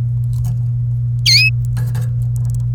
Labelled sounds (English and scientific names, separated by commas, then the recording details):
Domestic Canary (Serinus canaria) song
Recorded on 26 April 2018 at 16:20
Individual llb3